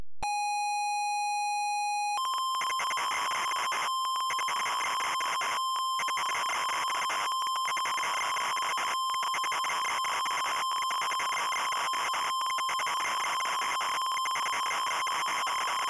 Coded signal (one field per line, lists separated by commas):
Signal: ZX Spectrum tape loading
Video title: Turbo Girl (ZX Spectrum)